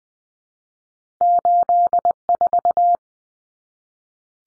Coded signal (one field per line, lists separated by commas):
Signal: Morse code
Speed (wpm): 20 wpm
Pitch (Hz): 700 Hz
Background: none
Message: 84